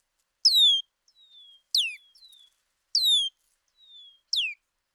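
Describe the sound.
Bird song: clear downslurred whistles repeated at intervals, alternating with quieter thin falling notes, the sound otherwise still.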